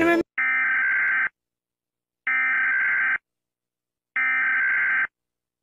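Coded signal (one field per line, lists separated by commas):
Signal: Emergency Alert System (SAME) tones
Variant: header bursts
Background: speech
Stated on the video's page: Fictional EAS scenario.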